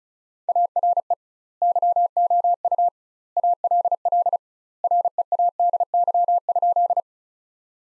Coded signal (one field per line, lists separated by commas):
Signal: Morse code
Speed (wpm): 34 wpm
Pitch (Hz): 700 Hz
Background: none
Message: ARE YOU ALL READY?